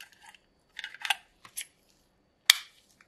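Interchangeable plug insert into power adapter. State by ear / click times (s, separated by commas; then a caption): seated / 2.5 s. A US plug insert is fitted onto the power adapter of a Seagate 6TB portable drive, with light scraping and clicking handling noises around 0.8–1.1 s and 1.5–1.6 s. A sharp, loud snap at 2.5 s marks the insert locking into place, leaving the adapter ready to use.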